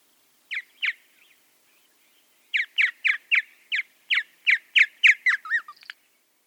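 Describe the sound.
Purple martin chirp calls, two sharp notes, a pause, then a rapid run of many throaty chirps.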